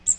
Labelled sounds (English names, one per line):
Magnolia Warbler flight call